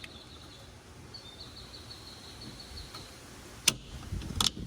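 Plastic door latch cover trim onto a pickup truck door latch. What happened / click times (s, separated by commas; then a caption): The plastic cover clipped home / 3.7 s, 4.4 s. A second plastic door latch cover trim is slipped onto a pickup truck door latch and pressed until it clips home. Against a steady outdoor background with a faint high tone, sharp plastic clicks ring out at about 3.7 s and 4.4 s. The cover is seated.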